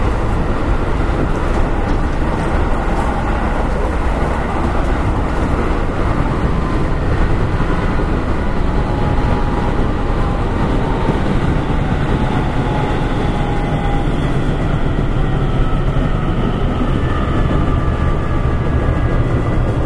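A Keihan 5000 series train runs along the main line, a steady, dense rumble with a low roar that holds level for the full twenty seconds. Thin whining tones glide slowly across the middle, rising and falling like motor hum, and faint high squeals flicker early on.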